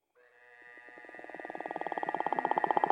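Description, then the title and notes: Frog or toad giving a pulsed trill of rapid, regular pulses that grows steadily louder over about three seconds. Recorded December 2017. "every sound you hear on this is a frog or a toad - Bill Austin = Toad Wrangler - recorded December 2017"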